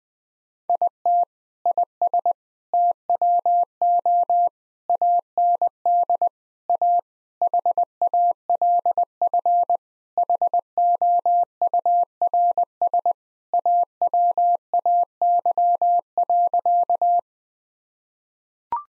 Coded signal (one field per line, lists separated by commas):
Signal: Morse code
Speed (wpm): 20 wpm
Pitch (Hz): 700 Hz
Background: none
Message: IT IS TWO AND A HALF HOURS AWAY.